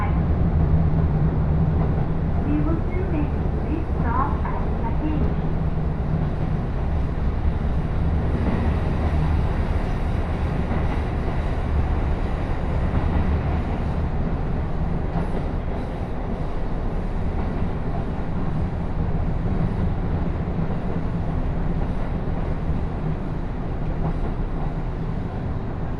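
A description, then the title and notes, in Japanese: Inside a local train, a steady low rumble and rattle of wheels on track continue throughout, with faint brief squeals and clanks around four seconds. 高山本線普通 上呂→下油井。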